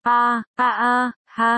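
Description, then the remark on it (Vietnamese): Heavy panting breaths coming from a room: three loud voiced gasps in a steady rhythm, each drawn out and strained with a groaning, moan-like tone, separated by short silent pauses. “Sư Âm đi đến căn phòng đang phát ra âm thanh thở gấp”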